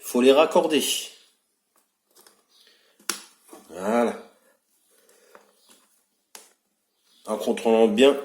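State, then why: Seated. A fuel injector wiring connector is pushed onto an injector of a GSXR K4 750 motorcycle set up for E85 ethanol, after all four injectors have been plugged in. Someone talks, and a sharp click is heard at 3.1 s as the connector seats. It is then checked as properly fixed and clipped in.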